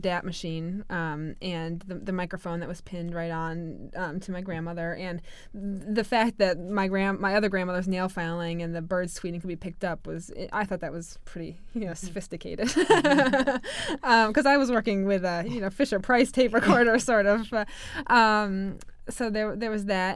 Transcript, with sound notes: The DAT machine and the microphone that was pinned right on, on to my grandmother and the fact that my grandm--, my other grandmother's nail filing and the birds tweeting could be picked up, I thought that was pretty, you know, sophisticated. (she laughs) Because I was working with a Fisher Price tape recorder, sort of. So there was that.